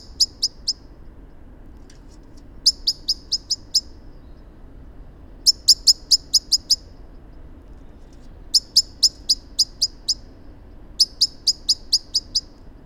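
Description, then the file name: Common blackbird repeating hard, clicking chink notes in fast runs of several, with pauses between, over a quiet low rumble. "Turdus merula"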